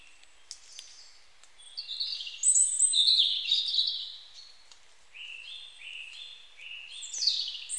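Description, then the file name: European robin song in two bursts: a quick, liquid high warble, then a lower series of thin notes ending with a high flourish. "Erithacus rubecula"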